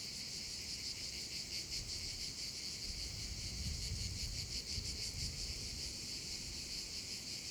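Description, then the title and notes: Cicada chorus: an unbroken shrill, pulsing drone high in pitch, over soft low background rumble that swells briefly midway. Several cicadas over the Vallo di Diano valley, Geoparco Padula, Italy; recorded with a Zoom H6 and MS capsule. "Geoparco Padula - Cicale sulla valle del Diano. Registrato con Zoom H6 e capsula MS"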